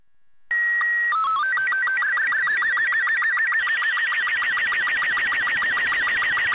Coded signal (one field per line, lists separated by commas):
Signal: SSTV (slow-scan television)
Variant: Robot 36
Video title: Portal Strange Radio Transmission Sounds